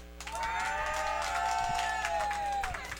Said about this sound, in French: Mesdames et messieurs, une grosse main d'applaudissements pour Dr.